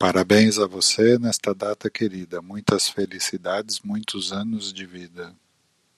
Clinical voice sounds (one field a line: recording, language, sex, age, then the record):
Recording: short text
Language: Brazilian Portuguese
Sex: male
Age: 50 to 59 years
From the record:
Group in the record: control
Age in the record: 58 years